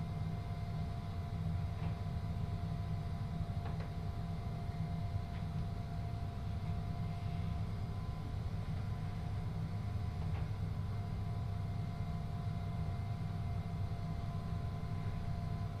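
A train on the Uetsu Main Line runs between Ugo-Honjō and Akita, its deep, steady rumble holding even throughout. Thin, sustained whining tones ride above the roar, and faint clicks or knocks come through now and then, near 2, 4, 5 and 10 seconds.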